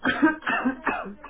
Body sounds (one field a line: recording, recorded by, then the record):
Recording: voluntary cough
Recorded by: telephone call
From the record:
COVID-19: positive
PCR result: checked with the laboratory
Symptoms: yes